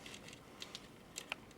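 A red wire is pressed into the insulation displacement terminal block of a lighting flashhead until it bottoms out, then the terminal is rocked back with a screwdriver. A series of small, light ticks and taps leads up to a sharp, bright click at 1.3 seconds as the terminal seats.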